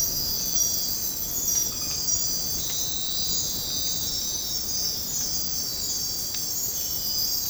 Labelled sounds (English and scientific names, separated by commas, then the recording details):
none
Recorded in dense forest near Puerto Asís, Putumayo, Colombia, on 19 February 2024 at 04:00
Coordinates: 0.503, -76.322
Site G6418